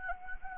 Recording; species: mosquito wingbeat signal from an infrared sensor; Anopheles gambiae